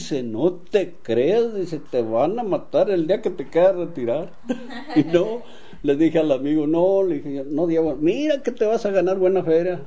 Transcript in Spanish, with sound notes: dice, “no te creas”, dice, “te van a matar el día que te quieras retirar”. (risas) Y no, le dije al amigo: “No”, le dije, “yo no llevo”. “Mira, que te vas a ganar buena feria”.